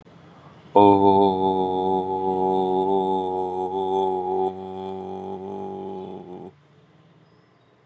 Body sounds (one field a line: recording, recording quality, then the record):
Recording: sustained vowel as in boot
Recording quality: excellent, no background noise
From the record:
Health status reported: COVID-19 positive, mild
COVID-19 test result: positive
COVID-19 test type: RT-PCR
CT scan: not taken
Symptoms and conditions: cough, sore throat, hypertension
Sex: male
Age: 61 years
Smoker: no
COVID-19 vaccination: both doses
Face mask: not worn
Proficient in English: yes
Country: India